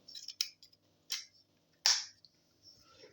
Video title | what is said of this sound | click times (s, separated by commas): masterpiece shattered glass Optimus prime review | That is a really satisfying click when you lock that piece into place. | 1.9 s